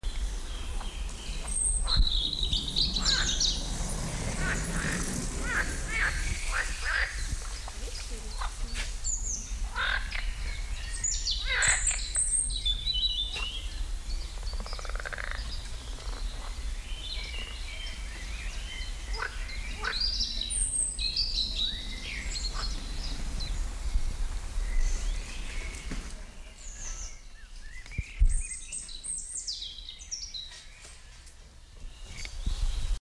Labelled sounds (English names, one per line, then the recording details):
Edible Frog call
European Robin
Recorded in the wild
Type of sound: call
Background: Erithacus rubecula
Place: Lübars (Fließtal), Berlin, DE
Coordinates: 52.6167, 13.35
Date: 1999-06-13 12:20
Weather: heiter, 20°C
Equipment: Sony WM-D6C, Sennheiser ME 80, Kopie Uher 4000 Report Monitor
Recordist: Tembrock, Günter